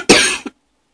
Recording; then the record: coughing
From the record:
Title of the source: 64 coughing, allergies, singing lungs